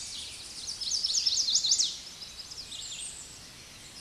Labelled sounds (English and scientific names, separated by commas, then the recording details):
Chestnut-sided Warbler (Setophaga pensylvanica) song
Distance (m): 10 m
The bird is about 5 m above the microphone
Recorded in a Pennsylvania forest on 16 May 2024 at 09:20
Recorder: AudioMoth, point MSD-2305
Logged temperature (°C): 16.9 °C
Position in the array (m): 65 m, 193 m